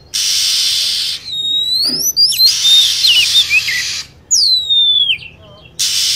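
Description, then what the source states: Lovebird calls, sharp down-slurred whistles and short chirps, alternating with bands of loud hissing noise. Lure sound used to attract lovebirds.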